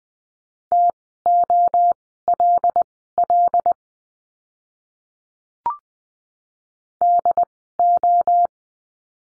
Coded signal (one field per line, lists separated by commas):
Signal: Morse code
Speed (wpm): 20 wpm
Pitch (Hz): 700 Hz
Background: none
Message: TOLL DO